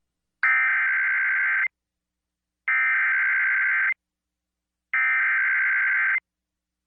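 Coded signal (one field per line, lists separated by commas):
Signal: Emergency Alert System (SAME) tones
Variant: header bursts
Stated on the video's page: Severe thunderstorm warning from NWS Norman relayed over an FM station, captured on a CL-100 during a livestream.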